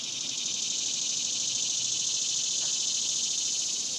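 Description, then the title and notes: Cicada buzzing, continuous, shrill and pulsed, holding at a steady level throughout. Daytime, outdoors in a cemetery, summer. "Ext, Daytime Cicadas, Cemetery, Summer by Bandeto"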